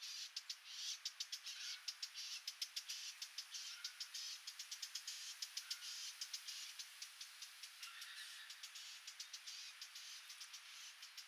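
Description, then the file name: Eurasian blackcap giving hard clicking tack notes in rapid, uneven series over a steady background hiss. "Sylvia atricapilla"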